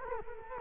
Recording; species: mosquito wingbeat signal from an infrared sensor; Culex quinquefasciatus